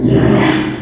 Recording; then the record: squeal of a Yucatan mini pig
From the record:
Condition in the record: after surgery on the right vocal fold (resection and tissue-engineered implant); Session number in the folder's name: 3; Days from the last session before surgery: 33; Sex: male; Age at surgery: 12 weeks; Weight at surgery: 13 kg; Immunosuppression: cyclosporine, prednisolone